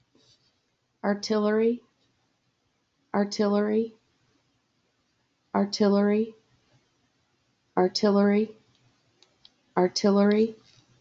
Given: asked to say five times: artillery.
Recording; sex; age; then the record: repeated word; female; 40 to 49 years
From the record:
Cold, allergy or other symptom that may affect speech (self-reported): no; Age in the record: 40 years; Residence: Colorado, United States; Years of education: 14